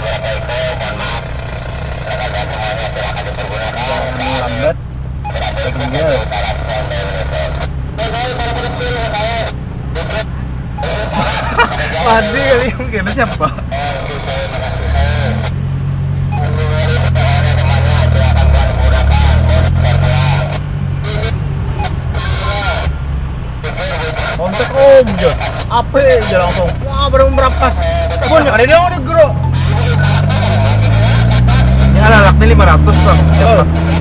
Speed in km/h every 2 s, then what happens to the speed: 0, 0, 0, 0, 0, 0, 0, 0, 4, 11, 18, 12, 9, 11, 11, 15, 26.
0-14 standing. 14-19 pulls away to 18. 24-34 speeds up to 26.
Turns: 24-29.